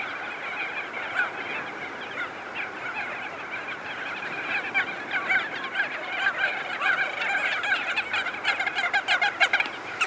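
Many crested auklets calling together, nasal honks overlapping, then a quick run of sharper, rapidly repeated notes building toward the end.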